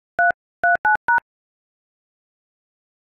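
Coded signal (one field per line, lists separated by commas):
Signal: DTMF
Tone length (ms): 130 ms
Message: 339#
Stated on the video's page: DTMF from an iPhone dial pad.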